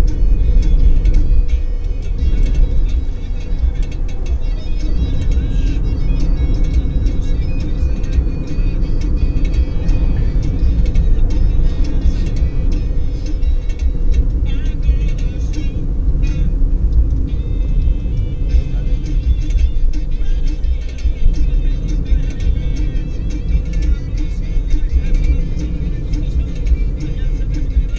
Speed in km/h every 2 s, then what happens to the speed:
65, 65, 68, 69, 69, 69, 66, 61, 56, 51, 51, 53, 55, 54.
0-9 steady at about 68. 9-18 slows to 51. 18-28 steady at about 53.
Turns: none.